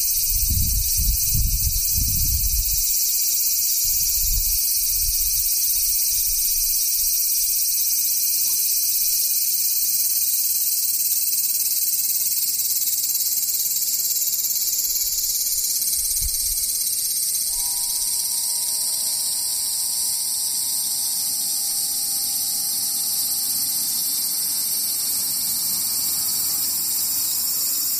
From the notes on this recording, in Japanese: セミ